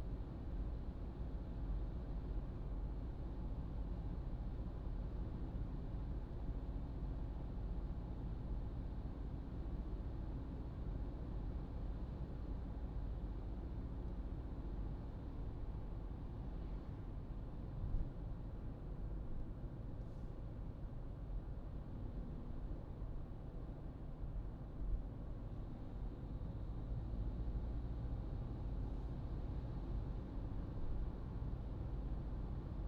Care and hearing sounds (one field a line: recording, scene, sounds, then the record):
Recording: everyday scene through a hearing-aid microphone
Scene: in a vehicle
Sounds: engine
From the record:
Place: Berlingo II, diesel engine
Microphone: in the ear canal, right